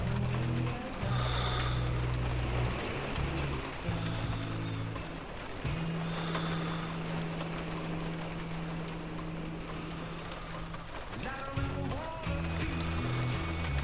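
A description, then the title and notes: Rain falls in a steady, dense hiss through the whole clip. Beneath it a low, motor-like drone holds steady pitches that shift in steps every few seconds, and near the eleventh second a brief rising whine sweeps upward before the drone resumes. A Rainy Night by the Ocean.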